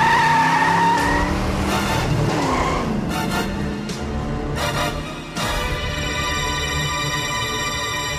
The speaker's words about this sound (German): Als Tommy seinen Wagen in einem scharfen U-Turn drehte